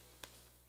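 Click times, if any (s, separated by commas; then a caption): 0.2 s. A 3D-printed blade insert is slid into its printed plastic holder and pops into place, seating with a sharp, bright click at 0.2 s over a low, steady background hum. A fainter, very brief high tick follows at 0.7 s.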